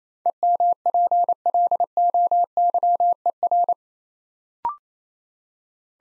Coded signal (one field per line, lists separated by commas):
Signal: Morse code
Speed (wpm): 27 wpm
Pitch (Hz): 700 Hz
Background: none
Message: EMPLOYER